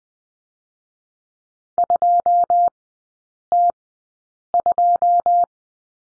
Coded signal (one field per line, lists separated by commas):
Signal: Morse code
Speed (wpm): 19 wpm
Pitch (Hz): 700 Hz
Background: none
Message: 2 T 2